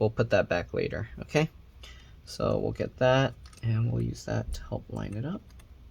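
Someone talks while handling the Nintendo Switch SD/game card slot board after peeling off its foam pad, lining the board up so its connector can be pressed down by finger onto the console mainboard. A few faint handling sounds are heard, including a quiet tap near 5.6 s. The connector has not clicked in or seated yet.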